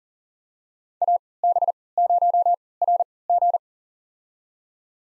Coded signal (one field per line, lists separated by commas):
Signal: Morse code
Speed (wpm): 40 wpm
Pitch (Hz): 700 Hz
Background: none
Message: AB0RG